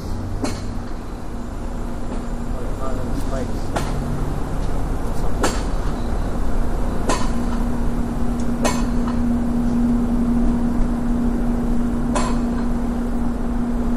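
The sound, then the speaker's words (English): A train rumbles steadily across a railroad bridge, a low droning hum broken by sharp metallic clanks every second or two as the cars roll over the rail joints. No one speaks. “Oh, there's a train right there, a railroad bridge.”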